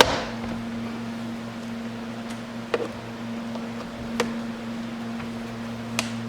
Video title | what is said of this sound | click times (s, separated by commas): Cool New Truck lights - Boost Auto S series Cab lights installation video | That'll just snap out. | 0.0 s, 2.7 s, 4.2 s, 6.0 s